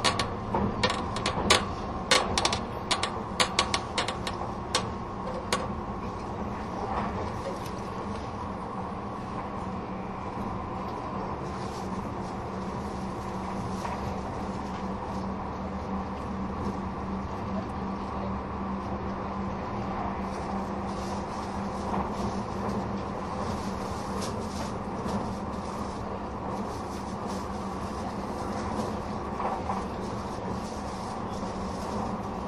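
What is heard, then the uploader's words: A train runs steadily with a low rumble and mid hum, busy clattering rail joints in the first six seconds, then a smooth, even ride. 東武N100系 スペーシア07号 01/01:浅草～鬼怒川温泉. その車両の最長運用となる特急＂スペーシアＸ07号＂の列車走行音. Train running sound.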